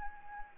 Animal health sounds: mosquito wingbeat signal from an infrared sensor; Anopheles arabiensis

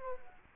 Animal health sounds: mosquito wingbeat signal from an infrared sensor; Culex quinquefasciatus

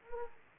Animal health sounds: mosquito wingbeat signal from an infrared sensor; Anopheles arabiensis

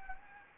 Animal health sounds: mosquito wingbeat signal from an infrared sensor; Anopheles gambiae

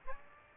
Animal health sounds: mosquito wingbeat signal from an infrared sensor; Aedes aegypti

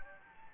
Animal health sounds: mosquito wingbeat signal from an infrared sensor; Anopheles gambiae

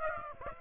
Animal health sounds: mosquito wingbeat signal from an infrared sensor; Aedes aegypti

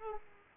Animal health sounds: mosquito wingbeat signal from an infrared sensor; Aedes aegypti

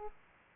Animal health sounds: mosquito wingbeat signal from an infrared sensor; Aedes aegypti

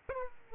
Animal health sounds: mosquito wingbeat signal from an infrared sensor; Aedes aegypti

